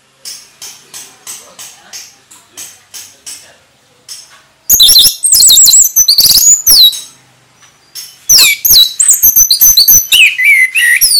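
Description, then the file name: Orange-headed thrush song: a series of soft evenly spaced notes, then loud rapid bursts of varied whistles and chips. Orange-headed thrush singing in the Indonesian ngeplong style, described as gacor (singing persistently). "anis merah gacor ngeplong"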